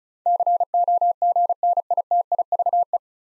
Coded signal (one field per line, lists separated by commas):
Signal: Morse code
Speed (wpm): 36 wpm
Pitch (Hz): 700 Hz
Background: none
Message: COGNITIVE